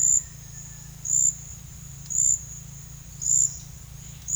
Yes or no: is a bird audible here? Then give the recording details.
no. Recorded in secondary vegetation near Puerto Asís, Putumayo, Colombia, on 23 June 2025 at 10:00. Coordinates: 0.498, -76.327. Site GP09